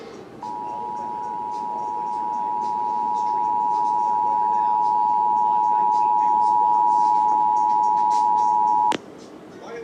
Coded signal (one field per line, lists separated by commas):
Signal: Emergency Alert System (SAME) tones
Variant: 853 and 960 Hz attention tone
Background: speech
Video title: Ohio's RMT (EAS #5451-5461)